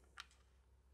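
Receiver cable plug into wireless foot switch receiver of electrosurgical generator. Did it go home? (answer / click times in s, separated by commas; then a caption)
no / none. A bayonet-style receiver cable plug for the wireless foot switch is handled at the receiver of an ESG-410 electrosurgical generator, on its way to being pushed on and turned clockwise. A single short, sharp tick sounds at about 0.2 s over a faint, steady low hum. The plug has not seated or clicked into place yet.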